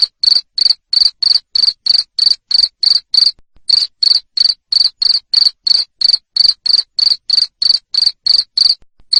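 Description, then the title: Cricket producing a long regular train of shrill chirps, about three per second, with two brief pauses; no other sounds. Loud cricket chirping (ngerik) used to stimulate lovebirds to sing continuously (ngekek). "Suara JANGKRIK NGERIK Keras Bikin LOVEBIRD Jadi NGEKEK Terus Vubey"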